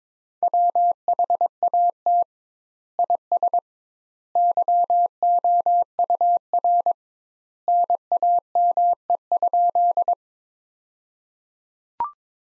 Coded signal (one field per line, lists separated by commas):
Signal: Morse code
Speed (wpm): 22 wpm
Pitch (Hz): 700 Hz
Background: none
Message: WHAT IS YOUR NAME?